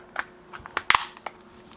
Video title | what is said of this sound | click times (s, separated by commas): Clean Xbox One Controller: How To Make It Look and Feel New Again | snap right in | 0.9 s, 1.0 s